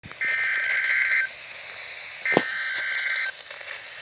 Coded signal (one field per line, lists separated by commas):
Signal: Emergency Alert System (SAME) tones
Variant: header bursts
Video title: EAS #16 WXJ37 Required Weekly Test [NOAA Weather Radio]